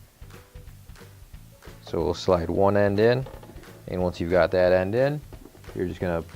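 A plastic bin cover, part WPW10385897 (AP6020706, PS11754026), for a Maytag refrigerator is held and lined up so its holes meet the notches on the side of the fridge liner, ready to slide one end in. Someone talks over faint background music, with soft handling bumps near 1.0 and 1.6 seconds. Nothing has seated or clicked yet.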